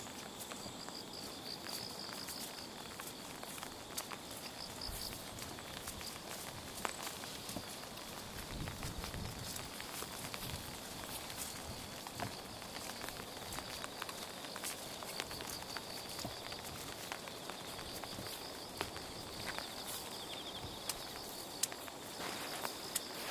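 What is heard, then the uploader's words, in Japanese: Footsteps along the Tama River in the rain, with wet grass brushing and swishing against the body as the walker moves through it. The hiss of rain is steady and dense throughout, marked by frequent small crunches and splashes. A thin, high insect-like trill runs constantly underneath. 雨の多摩川を歩く音。草に溜まった雨粒がざざっと体にかかったり、水たまりを踏んで靴の中まで濡れたり。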